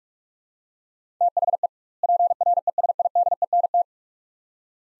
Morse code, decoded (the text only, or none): THE PRESIDENT